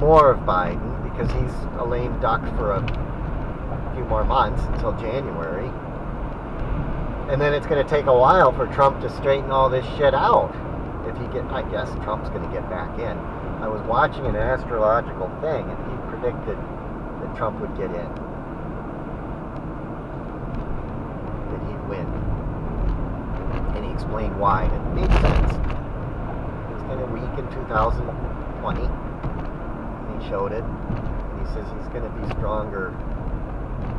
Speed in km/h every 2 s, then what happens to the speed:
69, 71, 69, 68, 69, 72, 72, 69, 66, 63, 63, 68, 69, 71, 71, 68, 66.
0-7 steady at about 69. 12-18 slows to 63. 21-25 speeds up to 71. 25-34 steady at about 68.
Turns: none.